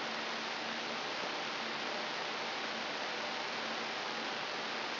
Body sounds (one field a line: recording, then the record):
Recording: brain microelectrode recording played as sound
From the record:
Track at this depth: inside the subthalamic nucleus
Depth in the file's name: 6.532 mm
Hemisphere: right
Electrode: 3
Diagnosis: Parkinson's disease